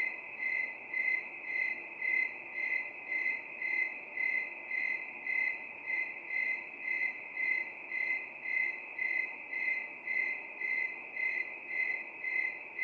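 Cricket song of rapid high-pitched pulses, swelling and fading in even waves almost two per second throughout.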